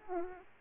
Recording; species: mosquito wingbeat signal from an infrared sensor; Aedes aegypti